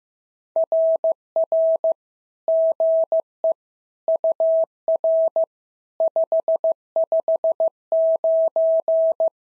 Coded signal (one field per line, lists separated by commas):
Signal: Morse code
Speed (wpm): 15 wpm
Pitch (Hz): 650 Hz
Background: none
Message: RR GE UR 559